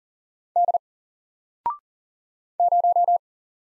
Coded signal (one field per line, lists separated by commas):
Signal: Morse code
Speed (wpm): 38 wpm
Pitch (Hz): 700 Hz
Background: none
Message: D 0